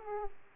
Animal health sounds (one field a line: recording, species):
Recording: mosquito wingbeat signal from an infrared sensor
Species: Aedes aegypti